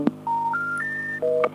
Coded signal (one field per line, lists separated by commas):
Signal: telephone call progress tone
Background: music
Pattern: special information tone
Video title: Telephone Intercept Recordings from mid 1990s - Lost & Found Tapes (US, CA, UK, ES, JP, CS, IL)